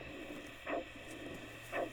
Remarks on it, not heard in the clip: Take out a special ultrasound machine to listen to her heartbeat. I didn't expect a tarantula heart to sound so similar to ours. And this is the same technology that you would use to get a fetal heart rate on a person. Hear that slowing down a little bit. Spider's calming down.